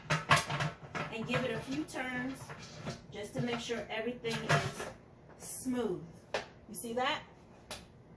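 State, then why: Not seated. A pressure canner lid is set on the canner body and turned a few turns while someone talks, with light handling knocks under the speech. The lid has not yet locked; nothing has seated or clicked yet.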